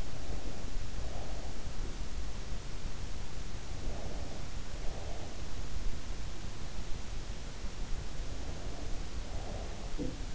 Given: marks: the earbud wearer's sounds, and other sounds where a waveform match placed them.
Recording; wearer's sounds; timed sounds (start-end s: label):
sounds in sleep by an in-ear microphone; breath, body movement
0.00-2.22 s: breath
3.47-5.66 s: breath
8.25-9.81 s: breath
9.99-10.35 s: body movement